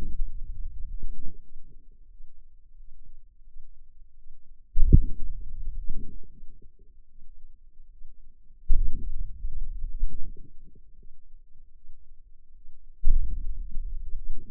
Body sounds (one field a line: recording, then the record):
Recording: forearm muscle sounds (acoustic myography)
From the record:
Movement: hand opening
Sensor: system 2, bracelet of six BSWA MPA416 microphones around the upper forearm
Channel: 5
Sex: female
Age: 23 years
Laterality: right